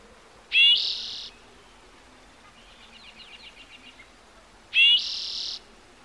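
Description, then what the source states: Bird song: two loud bright whistled bursts ending in a buzzy high note, with a soft rapid trill of ticking notes between them. Bird heard in the morning.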